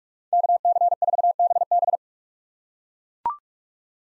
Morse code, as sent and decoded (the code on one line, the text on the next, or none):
-.- -.-. ....- -... -...
KC4BB